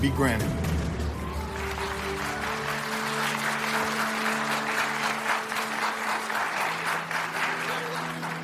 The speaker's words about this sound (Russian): Спустя мгновение все присутствующие с радостными криками подорвались со своих мест.